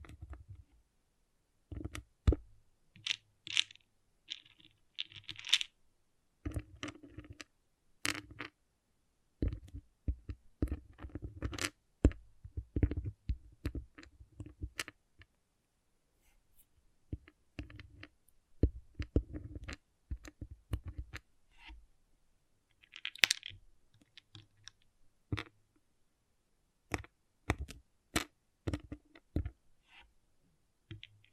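Small plastic pixel art beads click and rattle in irregular bursts, with sharp bright ticks scattered over the clip. Short clusters of handling noise alternate with silent gaps, and a few louder snaps stand out around the middle and near the end.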